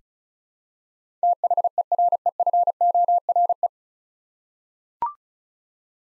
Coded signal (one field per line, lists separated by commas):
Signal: Morse code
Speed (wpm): 36 wpm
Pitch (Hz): 700 Hz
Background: none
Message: THEREFORE